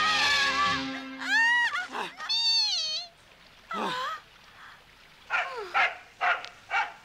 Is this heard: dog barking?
yes